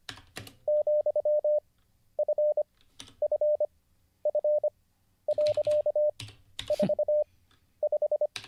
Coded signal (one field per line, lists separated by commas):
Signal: Morse code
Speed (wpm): 25 wpm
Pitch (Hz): 600 Hz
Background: none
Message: ,FFF.45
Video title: Let's Get Back to Learning Morse Code (Day 35) [Livestream]